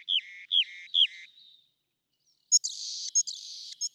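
Rock wren song: three identical buzzy, down-slurred phrases in quick succession, a short pause, then a higher, harsher buzzing trill with sharp clicks.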